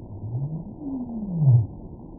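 Whale song: one low moaning tone that rises briefly, then slides slowly downward and swells in loudness near its end, over a steady rumbling background.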